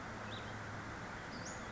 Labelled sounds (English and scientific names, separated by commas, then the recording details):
Western Flycatcher (Empidonax difficilis)
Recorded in Sonoma County, California